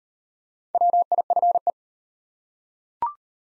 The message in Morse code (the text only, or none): WIFE